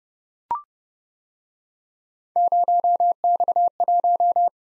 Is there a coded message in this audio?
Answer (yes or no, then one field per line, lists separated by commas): yes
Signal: Morse code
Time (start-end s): 2.4-4.5 s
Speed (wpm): 29 wpm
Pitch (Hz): 700 Hz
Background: none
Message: 0X1